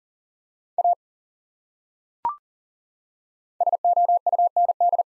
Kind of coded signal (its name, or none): Morse code